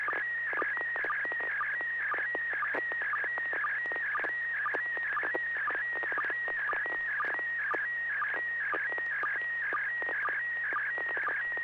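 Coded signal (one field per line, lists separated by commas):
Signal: SSTV (slow-scan television)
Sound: warbling, chirping tone scanning line by line, with a short low blip every half second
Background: FM radio noise, low hum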